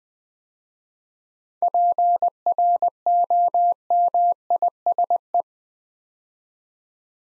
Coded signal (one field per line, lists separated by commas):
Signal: Morse code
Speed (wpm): 20 wpm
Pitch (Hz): 700 Hz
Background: none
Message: PROMISE